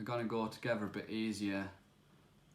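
Someone talks while handling the two halves of a replacement plastic key fob casing for a MK4 Golf Estate, hoping they will go together more easily than on an earlier attempt. The talk stops around 1.8 s and a quiet stretch follows. Nothing has snapped or seated yet.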